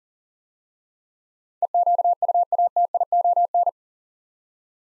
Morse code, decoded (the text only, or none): EQUATION